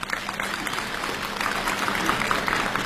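Steady audience applause as two young comedians are invited on to perform a crosstalk routine, a dense wash of many hands clapping that holds at an even level and swells slightly toward the end, with no voices standing out.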